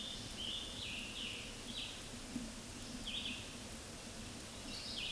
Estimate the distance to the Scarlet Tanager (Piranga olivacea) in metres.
about 65 m